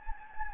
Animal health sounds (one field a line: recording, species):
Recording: mosquito wingbeat signal from an infrared sensor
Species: Anopheles gambiae